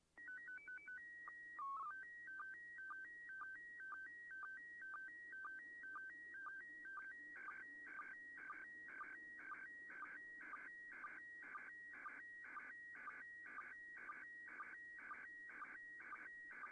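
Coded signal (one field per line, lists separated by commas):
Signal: SSTV (slow-scan television)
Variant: PD 120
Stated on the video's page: SSTV images received from the International Space Station.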